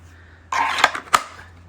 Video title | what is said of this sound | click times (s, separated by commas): Boker Plus: Tracker 2.0 Full Size. | Hear that click? | 1.2 s